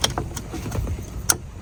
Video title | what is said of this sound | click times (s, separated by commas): Shift Interlock Solenoid Repair & Steering Wheel Upgrade! | All right. Hear the click. Click that in. | 1.3 s